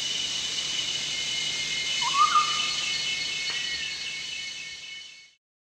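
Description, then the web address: Chestnut-backed scimitar babbler giving a single short rising whistle that levels off, over a steady high buzzing background that ends abruptly. Danum, 1 April 2006. "DANUM 20060401. chestnut-backed scimitar babbler"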